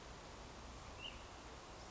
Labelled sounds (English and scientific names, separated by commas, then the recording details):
Ash-throated Flycatcher (Myiarchus cinerascens)
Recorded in Sonoma County, California